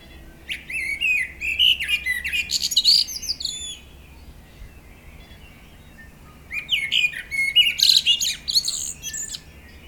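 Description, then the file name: Common blackbird song: two warbled phrases a few seconds apart, each mixing mellow fluting notes with a high, squeaky twittering tail, separated by a quiet pause. "Turdus merula"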